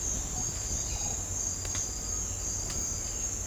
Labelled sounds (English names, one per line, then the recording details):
none
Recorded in dense forest near Puerto Asís, Putumayo, Colombia, on 20 December 2024 at 08:00
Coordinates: 0.466, -76.327
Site G075